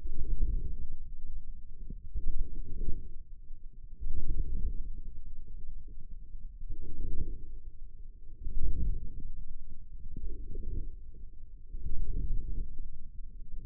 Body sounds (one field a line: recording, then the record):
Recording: forearm muscle sounds (acoustic myography)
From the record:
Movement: inward rotation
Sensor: system 2, bracelet of six BSWA MPA416 microphones around the upper forearm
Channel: 6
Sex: male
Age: 22 years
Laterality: right